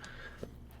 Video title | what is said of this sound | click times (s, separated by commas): Roller Brush Replacement on a Robot Vacuum Cleaner How to instructions | just going to push in or push down on until they click into a position and they shouldn't the cover should not come off come off anymore | 0.4 s, 0.7 s